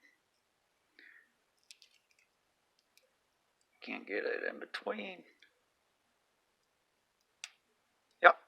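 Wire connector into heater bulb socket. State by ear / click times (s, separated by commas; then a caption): seated / 7.4 s. A wire connector is pushed into the bulb socket of an Eden Pure portable infrared heater, with small clicks and someone talking while it is worked into place. It snaps home with a sharp click at 7.4 seconds, seating the connector, and a louder knock follows near 8.3 seconds.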